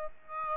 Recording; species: mosquito wingbeat signal from an infrared sensor; Aedes aegypti